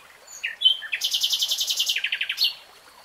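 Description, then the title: Nightingale song: a few short notes, then a rapid series of bright clicking pulses that drops into a lower run. Real-time recording of a nightingale singing. "[Tiếng chim hót] 3 Hours REALTIME Nightingale Singing"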